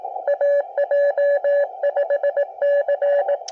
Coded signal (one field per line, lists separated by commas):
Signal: Morse code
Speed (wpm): 21 wpm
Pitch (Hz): 570 Hz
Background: radio noise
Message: AJ5C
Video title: POTA Activation at Uinta National Forest